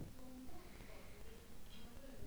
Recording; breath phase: one breath near a microphone; inhalation